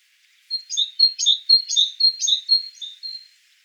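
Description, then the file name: Great tit: a short burst of quick, high two-note phrases in a steady rhythm, then silence. "Parus major"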